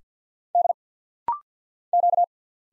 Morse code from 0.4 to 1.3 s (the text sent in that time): D